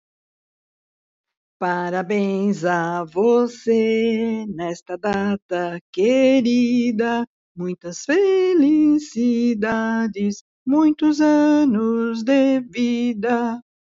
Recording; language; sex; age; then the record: short text; Brazilian Portuguese; female; 60 to 69 years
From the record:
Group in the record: control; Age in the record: 69 years